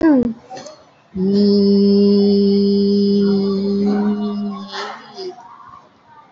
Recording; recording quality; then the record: sustained vowel as in beet; excellent, no background noise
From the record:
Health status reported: COVID-19 positive, moderate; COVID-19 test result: positive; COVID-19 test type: RT-PCR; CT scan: taken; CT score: 5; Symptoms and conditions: cough, cold, sore throat, fever, fatigue, muscle pain, diarrhoea, diabetes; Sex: female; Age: 63 years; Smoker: no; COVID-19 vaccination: none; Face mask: worn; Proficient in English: yes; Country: India